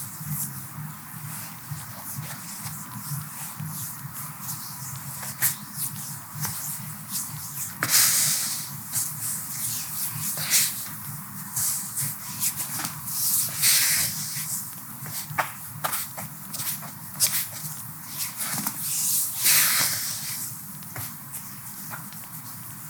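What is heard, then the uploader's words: A foot massage with soft rubbing and shuffling strokes, irregular and fairly dense throughout. Brighter swishing bursts stand out around 8, 14 and 20 seconds, over a steady low hum in the background. ASMR Feet Massage. How beautiful the oil flows down feet.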